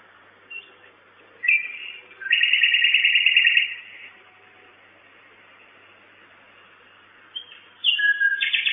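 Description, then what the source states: Common nightingale song with short notes, then a long rapid rattling trill of about one and a half seconds, silence, and a new phrase of whistles near the end. At 23:16 on 10 May 2009, at a nest box.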